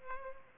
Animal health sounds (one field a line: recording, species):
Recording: mosquito wingbeat signal from an infrared sensor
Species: Culex pipiens